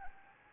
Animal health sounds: mosquito wingbeat signal from an infrared sensor; Anopheles arabiensis

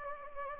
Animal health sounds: mosquito wingbeat signal from an infrared sensor; Anopheles gambiae

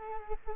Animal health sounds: mosquito wingbeat signal from an infrared sensor; Culex quinquefasciatus

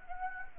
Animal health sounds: mosquito wingbeat signal from an infrared sensor; Anopheles gambiae

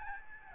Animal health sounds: mosquito wingbeat signal from an infrared sensor; Aedes albopictus

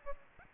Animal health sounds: mosquito wingbeat signal from an infrared sensor; Aedes albopictus

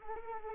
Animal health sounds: mosquito wingbeat signal from an infrared sensor; Anopheles arabiensis

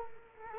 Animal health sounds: mosquito wingbeat signal from an infrared sensor; Culex quinquefasciatus

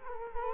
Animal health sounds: mosquito wingbeat signal from an infrared sensor; Culex quinquefasciatus

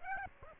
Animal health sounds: mosquito wingbeat signal from an infrared sensor; Aedes aegypti

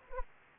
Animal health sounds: mosquito wingbeat signal from an infrared sensor; Anopheles arabiensis

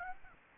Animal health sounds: mosquito wingbeat signal from an infrared sensor; Aedes aegypti

